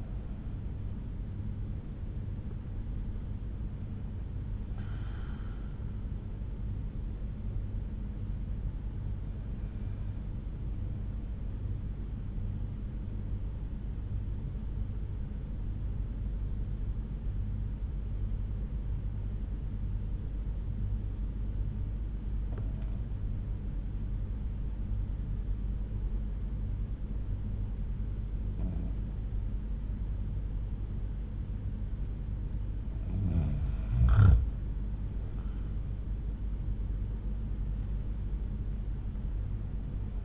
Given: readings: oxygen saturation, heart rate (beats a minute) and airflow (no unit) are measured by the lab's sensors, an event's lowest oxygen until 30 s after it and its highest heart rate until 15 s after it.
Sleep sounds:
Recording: breathing in sleep by a smartphone at the bedside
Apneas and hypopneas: 1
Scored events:
7.00-33.00 s: hypopnea (N2, oxygen 96% highest, then 88% lowest, heart rate 69 at the start, 71 highest)
34.00-40.25 s: new sleep stage, N1 (lightest sleep)
From the record:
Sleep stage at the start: N2 (light sleep)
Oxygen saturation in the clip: 90 to 96%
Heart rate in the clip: 62 to 73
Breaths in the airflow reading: 6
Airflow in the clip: -9.2 to 8.5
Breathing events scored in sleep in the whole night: 368 in 8.0 hours asleep

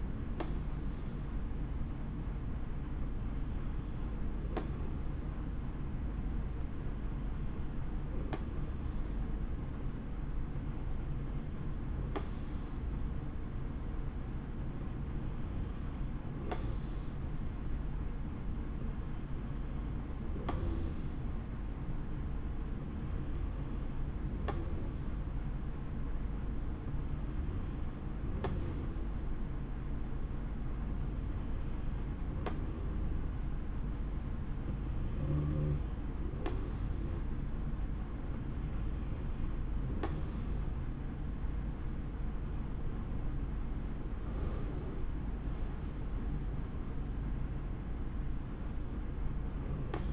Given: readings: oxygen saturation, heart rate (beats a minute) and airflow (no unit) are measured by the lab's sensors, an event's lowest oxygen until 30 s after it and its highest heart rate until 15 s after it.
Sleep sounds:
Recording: breathing in sleep by a smartphone at the bedside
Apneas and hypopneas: 1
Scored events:
24.00-45.80 s: hypopnea (N2, oxygen 91% highest, then 91% lowest, heart rate 69 at the start, 78 highest)
From the record:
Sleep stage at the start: N2 (light sleep)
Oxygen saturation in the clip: 90 to 91%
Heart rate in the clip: 55 to 78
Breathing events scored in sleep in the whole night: 160 in 9.3 hours asleep

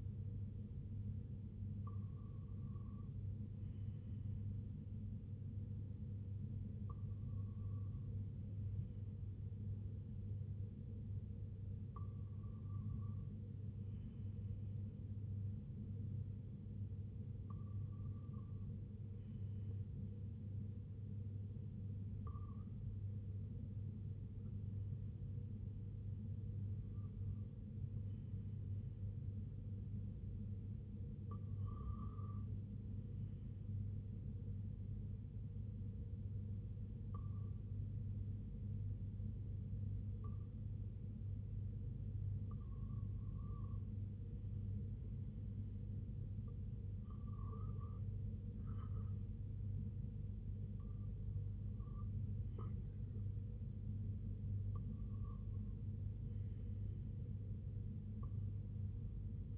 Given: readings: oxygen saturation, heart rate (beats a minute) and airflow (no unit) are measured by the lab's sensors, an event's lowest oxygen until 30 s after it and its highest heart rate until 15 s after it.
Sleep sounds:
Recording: breathing in sleep by a smartphone at the bedside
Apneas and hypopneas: 1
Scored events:
4.00-33.70 s: hypopnea (REM, oxygen 97% highest, then 94% lowest, heart rate 74 at the start, 80 highest)
From the record:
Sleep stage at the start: REM sleep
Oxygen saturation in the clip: 95 to 97%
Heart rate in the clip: 72 to 82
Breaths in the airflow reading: 15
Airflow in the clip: -5.7 to 3.1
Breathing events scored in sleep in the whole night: 258 in 7.4 hours asleep

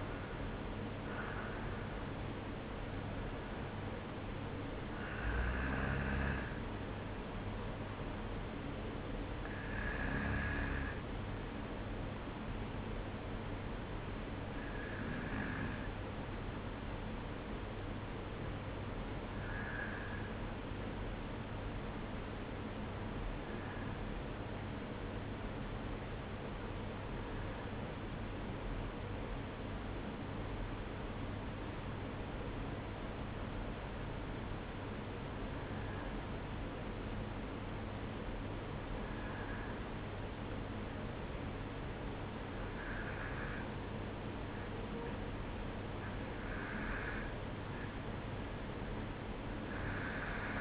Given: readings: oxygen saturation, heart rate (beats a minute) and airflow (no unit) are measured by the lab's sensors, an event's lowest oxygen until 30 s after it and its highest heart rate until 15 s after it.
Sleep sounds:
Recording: breathing in sleep by a voice recorder at the bedside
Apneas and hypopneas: 1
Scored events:
28.00-43.60 s: obstructive apnea (N2, oxygen 96% highest, then 93% lowest, heart rate 54 at the start, 57 highest)
From the record:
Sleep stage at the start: N2 (light sleep)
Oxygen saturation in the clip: 92 to 96%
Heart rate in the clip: 51 to 60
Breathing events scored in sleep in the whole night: 305 in 9.6 hours asleep

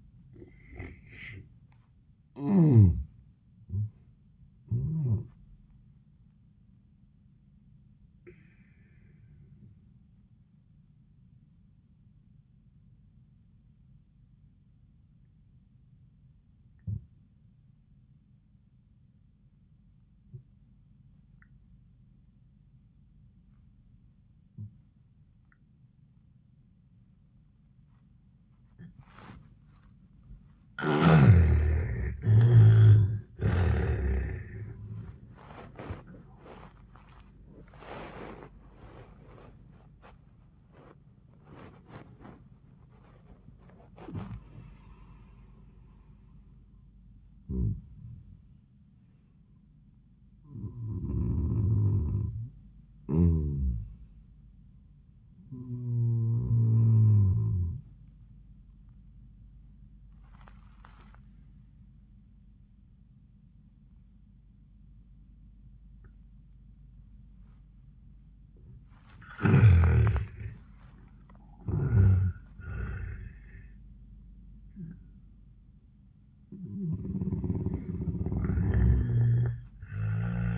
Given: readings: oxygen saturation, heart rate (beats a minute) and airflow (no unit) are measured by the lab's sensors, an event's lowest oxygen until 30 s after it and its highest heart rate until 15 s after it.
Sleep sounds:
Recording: breathing in sleep by a smartphone at the bedside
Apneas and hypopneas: 2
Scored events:
8.00-31.60 s: obstructive apnea (N1, oxygen 95% highest, then 77% lowest, heart rate 96 at the start, 103 highest)
57.00-71.10 s: hypopnea (N1, oxygen 98% highest, then 86% lowest, heart rate 84 at the start, 90 highest)
60.00-80.58 s: new sleep stage, N2 (light sleep)
From the record:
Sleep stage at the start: N1 (lightest sleep)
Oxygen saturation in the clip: 76 to 98%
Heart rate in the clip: 78 to 103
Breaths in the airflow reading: 8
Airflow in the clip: -24.0 to 22.6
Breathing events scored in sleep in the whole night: 400 in 8.7 hours asleep

